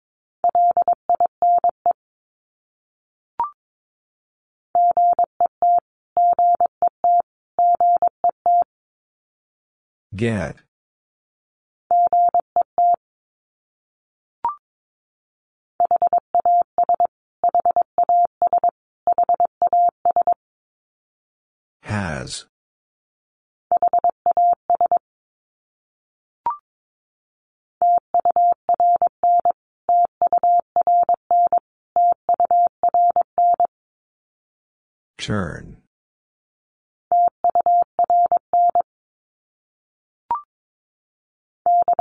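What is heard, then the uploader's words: Morse code beeps out as a steady mid-pitched tone, keyed in quick, regular groups of dots and dashes separated by short pauses. Every ten seconds or so a brief rushing burst of static sweeps through, and a few faint higher blips appear between groups. First, the word is sent three times in Morse code. Finally, it is sent again in Morse code.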